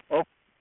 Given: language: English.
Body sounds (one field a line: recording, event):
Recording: throat vibration sensor signal played as sound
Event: speech